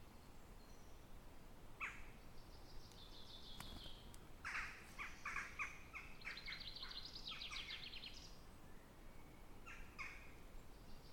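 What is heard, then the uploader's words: Birds sing in a forest, bursts of bright trilling chirps clustering around four to nine seconds over a steady low hiss. Forest Nature Sounds Birds Singing. Relax to the calming sound of a natural forest surrounding Bothwell Castle in Scotland.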